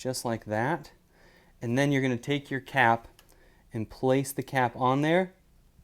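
A rivet cap is being placed onto a rivet stud that goes through folded leather on a keychain, while someone talks throughout. The cap is handled but has not seated or clicked onto the stud yet.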